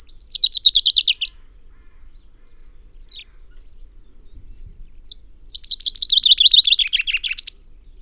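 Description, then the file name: Common chaffinch song: a cut-off trill at the start, then after a pause a full rattling phrase that tumbles downward and ends in a flourish. "Fringilla coelebs"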